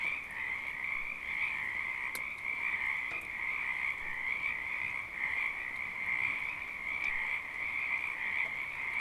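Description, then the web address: Frogs call in a thick, unbroken croaking chorus, with sporadic rain clicks over the top. Frogs calling during rain in Oregon, 2014. "Sonniss com - GDC 2018-Game Audio Bundle Discover Oregon - Wind and Storms Rain 2014 Frogs Rain"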